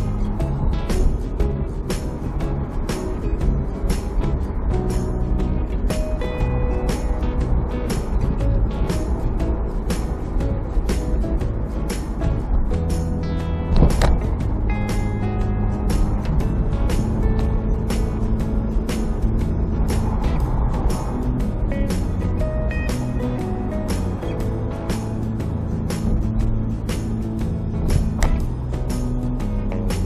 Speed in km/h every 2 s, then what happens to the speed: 29, 33, 36, 38, 40, 39, 37, 36, 36, 38, 38, 38, 35, 29, 27.
0-9 speeds up to 40. 9-21 steady at about 37. 21-27 slows to 27.